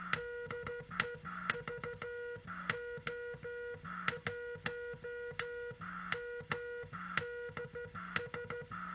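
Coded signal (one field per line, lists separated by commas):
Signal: Morse code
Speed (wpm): 13 wpm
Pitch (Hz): 480 Hz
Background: none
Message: DE VO1MDS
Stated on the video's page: QRP CW transceiver on 7.023 MHz.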